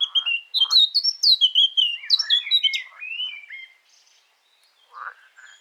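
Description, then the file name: Eurasian blackcap song: quick scratchy warbling that turns into clear, fluty whistled notes sliding downward, then fades; soft, brief notes follow near the end. "Sylvia atricapilla"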